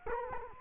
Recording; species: mosquito wingbeat signal from an infrared sensor; Culex quinquefasciatus